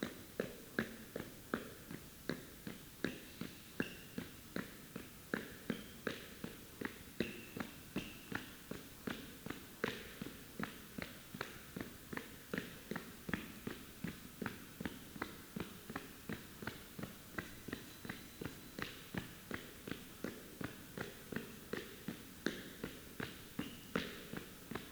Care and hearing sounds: daily activity, guitar pickup as the sensor; run

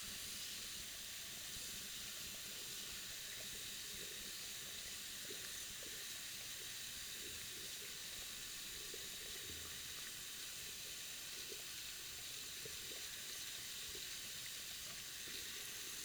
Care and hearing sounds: daily activity, guitar pickup as the sensor; wash hands

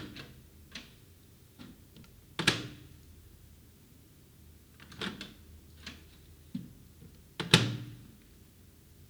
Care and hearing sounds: daily activity, guitar pickup as the sensor; use microwave

